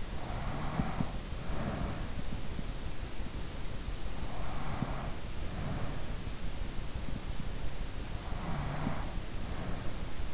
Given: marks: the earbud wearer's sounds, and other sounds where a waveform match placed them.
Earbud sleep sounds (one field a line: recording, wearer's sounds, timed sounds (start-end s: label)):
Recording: sounds in sleep by an in-ear microphone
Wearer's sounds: breath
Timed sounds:
0.00-2.31 s: breath
4.25-6.26 s: breath
8.24-10.34 s: breath